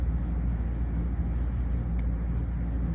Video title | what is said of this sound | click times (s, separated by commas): Building A Watch With Aliexpress Parts! | hear that click now we're going to | 2.0 s